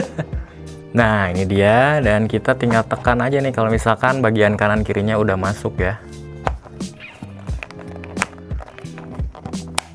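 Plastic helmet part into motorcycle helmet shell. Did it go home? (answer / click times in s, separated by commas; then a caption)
yes / 9.8 s. A plastic helmet part is pressed into a Zeus ZS-613H motorcycle helmet shell once its left and right sides are lined up in their holes, while someone talks over background music. A few small clicks and taps come in the second half, then a loud sharp snap at 9.8 s as the part seats into place.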